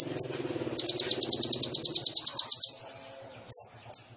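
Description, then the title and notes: Sunbird singing a quick high trill of evenly spaced notes, ending in a thin whistle, then a couple of sharp chirps over a low steady hum. Indonesian masteran training recording of a sunbird singing persistently (gacor), full of isian fill-in phrases and tembakan bursts, meant as pancingan to provoke other birds. "MASTERAN KOLIBRI NINJA FULL ISIAN DAN TEMBAKAN MEWAH COCOK BUAT PANCINGAN. Suara Burung Kolibri Ninja Gacor"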